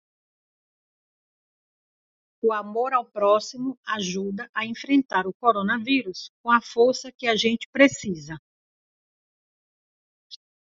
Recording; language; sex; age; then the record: spoken sentence; Brazilian Portuguese; female; 60 to 69 years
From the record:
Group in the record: control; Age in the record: 61 years